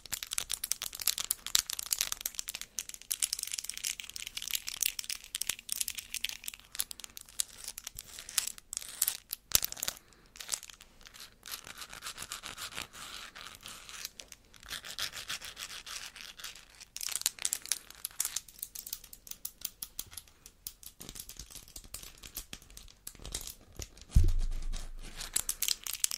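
Fingernails clack and tap rapidly and almost without pause, making a dense, bright, crinkly chatter. The pace shifts from busy stretches to brief lulls around ten and twenty seconds, and a louder low thump lands near twenty-four seconds.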